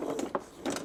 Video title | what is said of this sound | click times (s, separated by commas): Giraffe Grandfalls Pressure washer Hose Guide Out Of Line Easy Fix | Now, if I just make sure this locks in place | 0.3 s